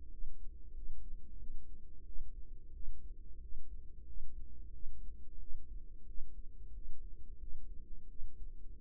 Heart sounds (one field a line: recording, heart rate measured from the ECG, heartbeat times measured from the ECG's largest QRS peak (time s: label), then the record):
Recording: heart sounds by microphone in the right ear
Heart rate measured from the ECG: 90 bpm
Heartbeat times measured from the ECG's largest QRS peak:
0.09 s: heartbeat
0.72 s: heartbeat
1.37 s: heartbeat
2.03 s: heartbeat
2.71 s: heartbeat
3.39 s: heartbeat
4.04 s: heartbeat
4.71 s: heartbeat
5.37 s: heartbeat
6.04 s: heartbeat
6.71 s: heartbeat
7.37 s: heartbeat
8.06 s: heartbeat
8.77 s: heartbeat
From the record:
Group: healthy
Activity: rest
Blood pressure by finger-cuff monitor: 74/56 mmHg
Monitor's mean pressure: 62 mmHg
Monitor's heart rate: 89 bpm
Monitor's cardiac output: 6.8 L/min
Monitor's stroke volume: 74 mL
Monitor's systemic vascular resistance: 660 dyn s/cm5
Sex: female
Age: 19 years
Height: 163 cm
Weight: 48.9 kg